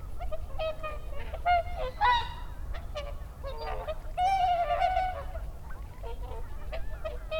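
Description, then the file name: Whooper swan calls, loud honking trumpets alternating with softer notes from several birds, irregularly spaced, over a low steady background rumble. Recorded 30 December 2009. "20091230 oohakutyo"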